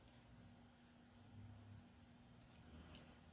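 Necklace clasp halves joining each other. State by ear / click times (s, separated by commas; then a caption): seated / 3.0 s. The two halves of a metal clasp on a beaded boho lampwork starfish necklace are pushed together after the ends are worked with bent nose pliers. Over a steady low hum, a small, sharp click sounds at 3.0 seconds as the clasp halves seat together.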